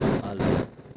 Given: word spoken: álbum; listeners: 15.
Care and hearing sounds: one Spanish word in noise, from a listening test; noise modulated by one talker; -12.4 dB; 0 of 15; 6 of 15; 0.58 s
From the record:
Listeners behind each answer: 6, 3, 2, 1, 1, 1, 1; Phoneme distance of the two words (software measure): 27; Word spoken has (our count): 2 syllables, 5 phonemes, stress on syllable 1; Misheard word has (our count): 2 syllables, 4 phonemes, stress on syllable 1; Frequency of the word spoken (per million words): 10.17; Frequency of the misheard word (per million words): 87.55

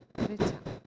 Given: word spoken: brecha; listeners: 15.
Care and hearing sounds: one Spanish word in noise, from a listening test; noise modulated by one talker; -11.4 dB; 1 of 15; 9 of 15; 0.46 s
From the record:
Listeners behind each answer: 9, 3, 1, 1, 1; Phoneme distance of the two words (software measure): 20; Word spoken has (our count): 2 syllables, 5 phonemes, stress on syllable 1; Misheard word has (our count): 2 syllables, 5 phonemes, stress on syllable 1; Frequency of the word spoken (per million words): 7.65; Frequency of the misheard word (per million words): 7.08

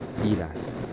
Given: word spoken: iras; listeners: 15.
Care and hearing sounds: one Spanish word in noise, from a listening test; noise modulated by three-talker babble; 3.6 dB; 3 of 15; 7 of 15; 0.53 s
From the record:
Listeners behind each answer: 7, 4, 3, 1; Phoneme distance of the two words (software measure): 17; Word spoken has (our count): 2 syllables, 4 phonemes, stress on syllable 1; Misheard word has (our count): 2 syllables, 5 phonemes, stress on syllable 1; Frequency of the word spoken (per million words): 2.10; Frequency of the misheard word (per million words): 34.94

